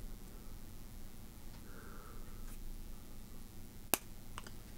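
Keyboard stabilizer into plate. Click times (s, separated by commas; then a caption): 3.9 s. During a custom TKL keyboard build, a stabilizer is rotated 90 degrees and pushed down into the plate. Over a quiet background, a single sharp snap rings out at 3.9 seconds, followed by a couple of faint ticks. The stabilizer is seated in place.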